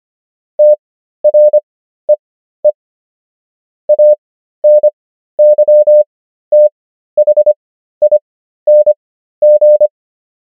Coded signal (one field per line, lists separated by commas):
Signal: Morse code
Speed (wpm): 25 wpm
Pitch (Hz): 600 Hz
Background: none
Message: TREE ANYTHING